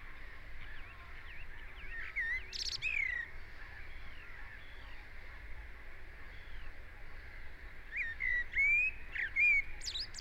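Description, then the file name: Common blackbird song: several warbled whistled phrases with high squeaky endings, scattered throughout, over steady background noise. "Turdus merula"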